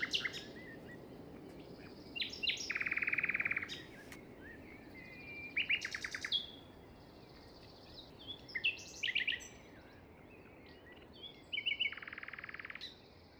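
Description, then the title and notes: Common nightingale phrases of buzzy trills and sharp chirps, separated by pauses, partly masked by steady wind. Wild common nightingale singing beside a path, Plateau de Lesches-en-Diois, France, 21 May 2019 at 5:05 am; windy, the wind easing later; recorded in stereo on a Nagra Seven with MKH40 microphones. "Plateau de Lesches en diois. un rossignol en bord de chemin"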